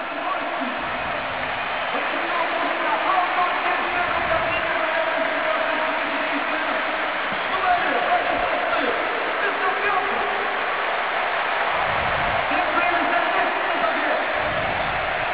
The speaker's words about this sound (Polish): Pierwszy raz w tych eliminacjach jest zmiana w reprezentacji Polski. Będą brawa dla tego, który zdobył pierwszego gola. Krzysztof Piątek opuszcza boisko. Dziękujemy.